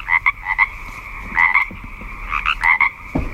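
A frog croaks in quick, raspy bursts, grouped into three short clusters of rapid pulses with a nasal, mid-pitched tone. No one speaks.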